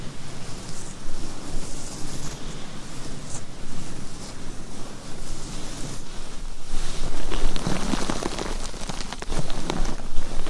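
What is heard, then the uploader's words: Long nails scratch directly on a microphone in a close, dense, continuous rasp that fills the whole range from low rumble to bright hiss. The rubbing stays steady and unbroken, growing a little busier and sharper after about seven seconds, with quick crackly strokes. ASMR Mic Scratching - Brain Scratching Hypnotic Asmr No Talking for Sleep with Long Nails.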